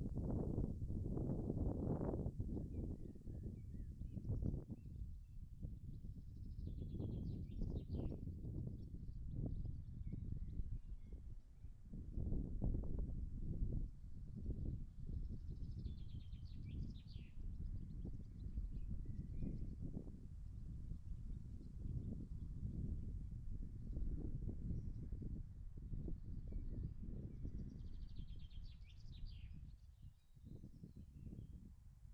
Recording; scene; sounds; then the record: everyday scene through a hearing-aid microphone; wind on the microphone; wind, birds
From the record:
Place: in front of a rural house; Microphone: behind the ear, left, front